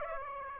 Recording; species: mosquito wingbeat signal from an infrared sensor; Aedes aegypti